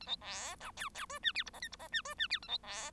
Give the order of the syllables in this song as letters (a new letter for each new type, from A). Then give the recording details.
A B C D E E F G H I J K I J G F G H A B C. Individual Bird1